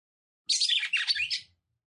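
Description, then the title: Red-cowled cardinal song: one quick, about one-second phrase of jumbled, bright chirps and warbled high notes. Female song; title says the fiery, nervous female stirs up and excites the male, making him quick. "CANTO DA FÊ MEA GALO CAMPINA FOGOSA LEVANTA FOGOESQUENTA GALO CAMPINA MACHO RAPIDINHO FÊ MEA NERVOSA"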